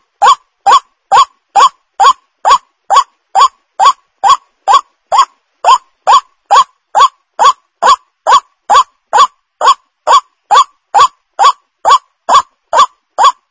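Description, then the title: White-breasted waterhen call: rasping, nasal notes repeated in a long regular run of about two per second, nothing else audible. Lure call used to attract the bird; the bird is known locally as ruak-ruak. "Suara Ruak Ruak"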